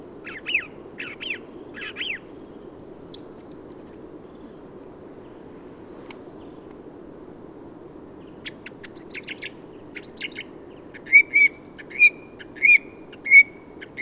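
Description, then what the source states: Song thrush singing: a triple phrase of sharp notes, high thin squeaky notes, scratchy clicks, then a clear whistled note repeated several times. Autumn improvised song in Forêt de Valdrôme, 15 November 2020; thrushes staying until the snow because of exceptional whitebeam and rowan fruiting; recorded with Nagra Seven and Telinga pro7 parabola.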